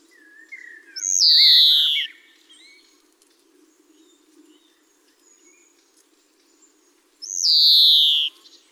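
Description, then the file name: European greenfinch giving two loud, drawn-out calls that slide down in pitch, about six seconds apart, with faint soft twitters in between over a low hum. "Chloris chloris"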